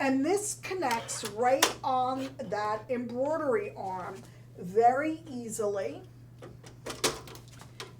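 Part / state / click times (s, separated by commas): embroidery hoop onto sewing machine embroidery arm / seated / 7.8 s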